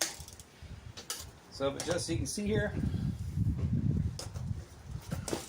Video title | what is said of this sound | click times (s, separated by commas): Mobo Triton Pedal Go Kart Trike Complete Review - Nope or Dope? | and when you put them out, locks in place. | 0.0 s